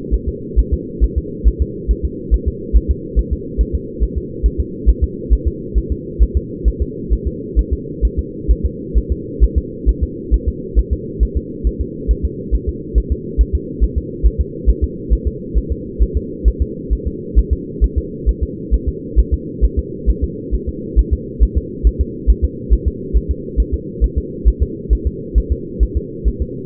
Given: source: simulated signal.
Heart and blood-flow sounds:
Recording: fetal heart sounds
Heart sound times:
0.14 s: S1
0.28 s: S2
0.59 s: S1
0.73 s: S2
1.04 s: S1
1.18 s: S2
1.47 s: S1
1.62 s: S2
1.91 s: S1
2.05 s: S2
2.34 s: S1
2.48 s: S2
2.77 s: S1
2.91 s: S2
3.19 s: S1
3.33 s: S2
3.61 s: S1
3.75 s: S2
4.03 s: S1
4.18 s: S2
4.46 s: S1
4.60 s: S2
4.89 s: S1
5.04 s: S2
5.33 s: S1
5.47 s: S2
5.78 s: S1
5.92 s: S2
6.23 s: S1
6.37 s: S2
6.68 s: S1
6.82 s: S2
7.13 s: S1
7.27 s: S2
7.59 s: S1
7.73 s: S2
8.05 s: S1
8.19 s: S2
8.51 s: S1
8.66 s: S2
8.97 s: S1
9.12 s: S2
9.44 s: S1
9.58 s: S2
9.89 s: S1
10.03 s: S2
10.34 s: S1
10.48 s: S2
10.79 s: S1
10.93 s: S2
11.23 s: S1
11.37 s: S2
11.67 s: S1
11.81 s: S2
12.11 s: S1
12.25 s: S2
12.55 s: S1
12.69 s: S2
12.98 s: S1
13.12 s: S2
13.41 s: S1
13.55 s: S2
13.83 s: S1
13.98 s: S2
14.26 s: S1
14.41 s: S2
14.69 s: S1
14.84 s: S2
15.13 s: S1
15.27 s: S2
15.58 s: S1
15.72 s: S2
16.02 s: S1
16.17 s: S2
16.48 s: S1
16.62 s: S2
16.93 s: S1
17.07 s: S2
17.38 s: S1
17.53 s: S2
17.84 s: S1
17.98 s: S2
18.29 s: S1
18.43 s: S2
18.74 s: S1
18.88 s: S2
19.19 s: S1
19.34 s: S2
19.64 s: S1
19.79 s: S2
20.10 s: S1
20.24 s: S2
20.55 s: S1
20.69 s: S2
20.99 s: S1
21.13 s: S2
21.43 s: S1
21.58 s: S2
21.87 s: S1
22.01 s: S2
22.30 s: S1
22.44 s: S2
22.73 s: S1
22.88 s: S2
23.16 s: S1
23.31 s: S2
23.60 s: S1
23.74 s: S2
24.04 s: S1
24.18 s: S2
24.48 s: S1
24.62 s: S2
24.93 s: S1
25.07 s: S2
25.38 s: S1
25.52 s: S2
25.83 s: S1
25.97 s: S2
26.28 s: S1
26.42 s: S2
From the record:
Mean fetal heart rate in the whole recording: 135 bpm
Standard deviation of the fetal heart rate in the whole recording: 3 bpm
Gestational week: 34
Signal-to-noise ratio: -4.1 dB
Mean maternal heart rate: no maternal heart sound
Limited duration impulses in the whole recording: absent

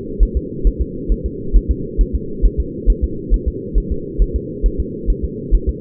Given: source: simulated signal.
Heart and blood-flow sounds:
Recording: fetal heart sounds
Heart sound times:
0.23 s: S1
0.37 s: S2
0.67 s: S1
0.81 s: S2
1.12 s: S1
1.26 s: S2
1.56 s: S1
1.71 s: S2
2.01 s: S1
2.15 s: S2
2.46 s: S1
2.60 s: S2
2.90 s: S1
3.04 s: S2
3.34 s: S1
3.48 s: S2
3.78 s: S1
3.92 s: S2
4.22 s: S1
4.36 s: S2
4.66 s: S1
4.80 s: S2
5.10 s: S1
5.25 s: S2
5.55 s: S1
5.69 s: S2
From the record:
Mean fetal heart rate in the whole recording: 135 bpm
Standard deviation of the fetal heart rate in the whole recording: 3 bpm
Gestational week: 36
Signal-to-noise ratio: -4.3 dB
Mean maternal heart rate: 72 bpm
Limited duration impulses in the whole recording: absent

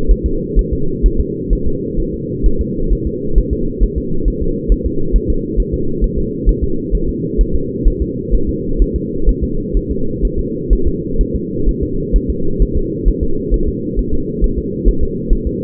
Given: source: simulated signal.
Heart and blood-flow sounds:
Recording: fetal heart sounds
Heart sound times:
0.11 s: S1
0.26 s: S2
0.59 s: S1
0.73 s: S2
1.06 s: S1
1.20 s: S2
1.53 s: S1
1.67 s: S2
2.00 s: S1
2.14 s: S2
2.46 s: S1
2.61 s: S2
2.93 s: S1
3.07 s: S2
3.38 s: S1
3.53 s: S2
3.83 s: S1
3.98 s: S2
4.28 s: S1
4.42 s: S2
4.72 s: S1
4.86 s: S2
5.16 s: S1
5.30 s: S2
5.60 s: S1
5.74 s: S2
6.04 s: S1
6.19 s: S2
6.49 s: S1
6.63 s: S2
6.95 s: S1
7.09 s: S2
7.41 s: S1
7.55 s: S2
7.88 s: S1
8.02 s: S2
8.34 s: S1
8.49 s: S2
8.82 s: S1
8.96 s: S2
9.29 s: S1
9.44 s: S2
9.77 s: S1
9.91 s: S2
10.25 s: S1
10.39 s: S2
10.73 s: S1
10.88 s: S2
11.21 s: S1
11.35 s: S2
11.69 s: S1
11.83 s: S2
12.16 s: S1
12.30 s: S2
12.62 s: S1
12.77 s: S2
13.08 s: S1
13.23 s: S2
13.54 s: S1
13.68 s: S2
13.99 s: S1
14.14 s: S2
14.44 s: S1
14.59 s: S2
14.88 s: S1
15.03 s: S2
15.33 s: S1
15.47 s: S2
From the record:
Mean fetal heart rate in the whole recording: 130 bpm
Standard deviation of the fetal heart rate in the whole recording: 2 bpm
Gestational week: 36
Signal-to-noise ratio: -8.1 dB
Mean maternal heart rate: 72 bpm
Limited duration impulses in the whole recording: absent

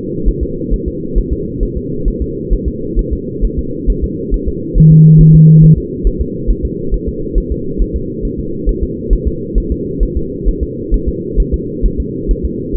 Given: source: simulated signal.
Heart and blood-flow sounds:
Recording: fetal heart sounds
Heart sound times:
0.28 s: S1
0.43 s: S2
0.74 s: S1
0.88 s: S2
1.18 s: S1
1.33 s: S2
1.63 s: S1
1.77 s: S2
2.08 s: S1
2.22 s: S2
2.53 s: S1
2.68 s: S2
2.99 s: S1
3.13 s: S2
3.45 s: S1
3.59 s: S2
3.90 s: S1
4.04 s: S2
4.34 s: S1
4.48 s: S2
4.78 s: S1
4.92 s: S2
5.21 s: S1
5.35 s: S2
5.64 s: S1
5.78 s: S2
6.07 s: S1
6.21 s: S2
6.50 s: S1
6.65 s: S2
6.94 s: S1
7.08 s: S2
7.38 s: S1
7.52 s: S2
7.81 s: S1
7.96 s: S2
8.25 s: S1
8.39 s: S2
8.69 s: S1
8.83 s: S2
9.13 s: S1
9.28 s: S2
9.58 s: S1
9.72 s: S2
10.03 s: S1
10.17 s: S2
10.48 s: S1
10.63 s: S2
10.94 s: S1
11.08 s: S2
11.40 s: S1
11.54 s: S2
11.86 s: S1
12.00 s: S2
12.31 s: S1
12.45 s: S2
12.77 s: S1
From the record:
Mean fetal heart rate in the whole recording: 135 bpm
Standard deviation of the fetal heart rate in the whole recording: 3 bpm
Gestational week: 36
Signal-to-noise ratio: -6.6 dB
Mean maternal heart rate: 72 bpm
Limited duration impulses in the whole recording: present

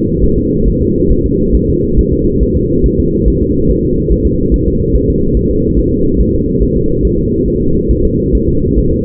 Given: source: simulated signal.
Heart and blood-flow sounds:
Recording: fetal heart sounds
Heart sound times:
0.24 s: S1
0.38 s: S2
0.68 s: S1
0.82 s: S2
1.12 s: S1
1.26 s: S2
1.55 s: S1
1.70 s: S2
1.99 s: S1
2.13 s: S2
2.43 s: S1
2.57 s: S2
2.86 s: S1
3.00 s: S2
3.28 s: S1
3.42 s: S2
3.71 s: S1
3.85 s: S2
4.12 s: S1
4.27 s: S2
4.54 s: S1
4.68 s: S2
4.96 s: S1
5.10 s: S2
5.37 s: S1
5.51 s: S2
5.79 s: S1
5.93 s: S2
6.20 s: S1
6.35 s: S2
6.63 s: S1
6.77 s: S2
7.05 s: S1
7.19 s: S2
7.48 s: S1
7.62 s: S2
7.91 s: S1
8.05 s: S2
8.35 s: S1
8.49 s: S2
8.79 s: S1
8.93 s: S2
From the record:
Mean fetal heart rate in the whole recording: 140 bpm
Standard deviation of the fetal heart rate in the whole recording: 2 bpm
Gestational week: 34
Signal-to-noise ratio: -15.3 dB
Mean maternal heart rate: 72 bpm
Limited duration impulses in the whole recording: present

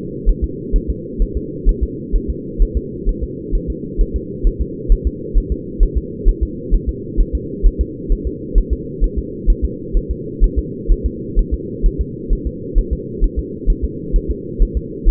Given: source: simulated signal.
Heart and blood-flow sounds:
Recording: fetal heart sounds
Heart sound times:
0.29 s: S1
0.44 s: S2
0.76 s: S1
0.90 s: S2
1.22 s: S1
1.37 s: S2
1.69 s: S1
1.83 s: S2
2.16 s: S1
2.30 s: S2
2.62 s: S1
2.77 s: S2
3.09 s: S1
3.24 s: S2
3.55 s: S1
3.70 s: S2
4.01 s: S1
4.16 s: S2
4.47 s: S1
4.61 s: S2
4.92 s: S1
5.07 s: S2
5.38 s: S1
5.52 s: S2
5.83 s: S1
5.97 s: S2
6.29 s: S1
6.43 s: S2
6.74 s: S1
6.89 s: S2
7.21 s: S1
7.35 s: S2
7.66 s: S1
7.81 s: S2
8.12 s: S1
8.27 s: S2
8.58 s: S1
8.73 s: S2
9.04 s: S1
9.18 s: S2
9.50 s: S1
9.65 s: S2
9.97 s: S1
10.11 s: S2
10.44 s: S1
10.59 s: S2
10.92 s: S1
11.06 s: S2
11.39 s: S1
11.54 s: S2
11.86 s: S1
12.01 s: S2
12.33 s: S1
12.47 s: S2
12.78 s: S1
12.93 s: S2
13.24 s: S1
13.39 s: S2
13.70 s: S1
13.84 s: S2
14.16 s: S1
14.31 s: S2
14.62 s: S1
14.77 s: S2
15.09 s: S1
From the record:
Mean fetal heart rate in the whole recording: 130 bpm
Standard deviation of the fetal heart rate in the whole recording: 2 bpm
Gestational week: 38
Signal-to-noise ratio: -4.1 dB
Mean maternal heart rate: no maternal heart sound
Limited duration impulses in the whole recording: absent

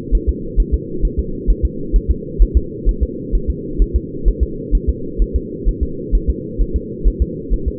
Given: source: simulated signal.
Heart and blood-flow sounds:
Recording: fetal heart sounds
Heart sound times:
0.15 s: S1
0.29 s: S2
0.60 s: S1
0.74 s: S2
1.05 s: S1
1.19 s: S2
1.50 s: S1
1.65 s: S2
1.96 s: S1
2.11 s: S2
2.42 s: S1
2.57 s: S2
2.89 s: S1
3.03 s: S2
3.35 s: S1
3.50 s: S2
3.82 s: S1
3.96 s: S2
4.28 s: S1
4.43 s: S2
4.75 s: S1
4.90 s: S2
5.22 s: S1
5.36 s: S2
5.69 s: S1
5.83 s: S2
6.15 s: S1
6.30 s: S2
6.62 s: S1
6.76 s: S2
7.08 s: S1
7.22 s: S2
7.54 s: S1
7.68 s: S2
From the record:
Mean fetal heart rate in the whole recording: 130 bpm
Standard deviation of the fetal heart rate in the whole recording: 2 bpm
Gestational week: 36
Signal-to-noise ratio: -4.3 dB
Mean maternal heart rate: 72 bpm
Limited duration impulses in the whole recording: absent

